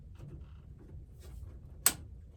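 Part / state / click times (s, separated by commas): 90-degree duct elbow onto range hood ductwork / seated / 1.9 s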